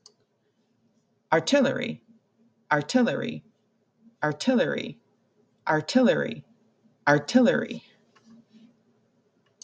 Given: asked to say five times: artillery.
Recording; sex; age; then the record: repeated word; female; 50 to 59 years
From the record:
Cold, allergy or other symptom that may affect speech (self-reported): no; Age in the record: 50 years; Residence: Illinois, United States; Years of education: 18